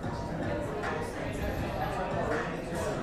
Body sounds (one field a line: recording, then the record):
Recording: background sound without coughing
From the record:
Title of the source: 60 minutes of coffee shop sounds for study and concentration